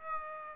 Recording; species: mosquito wingbeat signal from an infrared sensor; Aedes aegypti